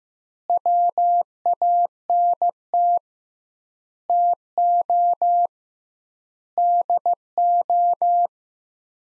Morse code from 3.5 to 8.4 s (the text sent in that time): TO DO